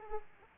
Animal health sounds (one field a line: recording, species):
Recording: mosquito wingbeat signal from an infrared sensor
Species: Aedes aegypti